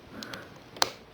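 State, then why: Seated. An unfolded plastic part of a Transformers Generations Autobot Drift Deluxe robot toy is pushed into a hole in the robot's body, with faint light ticks near 0.2 and 0.3 seconds. A sharp, bright click at 0.8 seconds shows the part has clipped into place.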